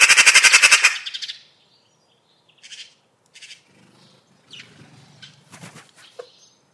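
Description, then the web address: Bird opens with a loud, harsh rattling chatter, followed by several soft brief calls and faint low rumbling noise. "cianscape birddata Deverinetal 2025"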